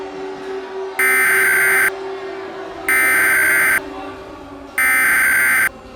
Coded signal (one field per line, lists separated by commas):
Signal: Emergency Alert System (SAME) tones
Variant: header bursts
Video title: (Zombie Virus EAS Scenario) - The Awakening [ft. Harvester]